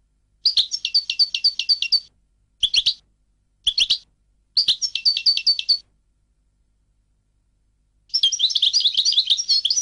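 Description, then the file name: European goldfinch song: a twittering phrase, two brief chirpy bursts, another phrase, then a longer fast tinkling run after a pause. "audio burung goldfinch"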